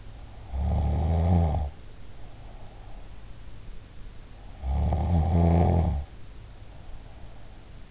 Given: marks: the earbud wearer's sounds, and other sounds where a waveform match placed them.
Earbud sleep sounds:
sounds in sleep by an in-ear microphone; snoring breath
0.47-3.27 s: snoring breath
4.31-7.91 s: snoring breath

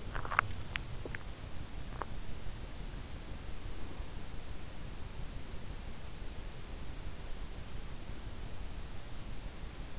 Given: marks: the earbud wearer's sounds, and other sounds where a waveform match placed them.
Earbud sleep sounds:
sounds in sleep by an in-ear microphone; swallowing
0.00-1.81 s: swallowing

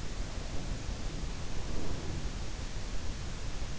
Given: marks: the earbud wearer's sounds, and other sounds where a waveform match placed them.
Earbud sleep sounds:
sounds in sleep by an in-ear microphone; breath
0.05-3.03 s: breath

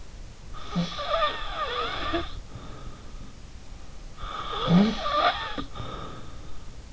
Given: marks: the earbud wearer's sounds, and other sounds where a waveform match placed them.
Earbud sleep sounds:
sounds in sleep by an in-ear microphone; snoring breath
0.53-3.36 s: snoring breath
4.19-6.43 s: snoring breath

